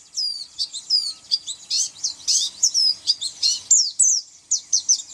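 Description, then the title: White-eye song: a fast, tumbling series of thin, high chirps and slurred notes. "Pleci"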